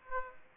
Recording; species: mosquito wingbeat signal from an infrared sensor; Aedes aegypti